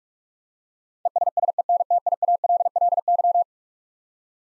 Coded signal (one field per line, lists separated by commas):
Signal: Morse code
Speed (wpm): 46 wpm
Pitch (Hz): 700 Hz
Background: none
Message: ESSENTIALLY